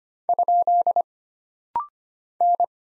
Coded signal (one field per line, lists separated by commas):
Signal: Morse code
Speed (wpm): 25 wpm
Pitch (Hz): 700 Hz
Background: none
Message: ? N